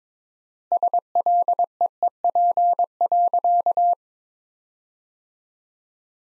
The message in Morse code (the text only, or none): SLEEP.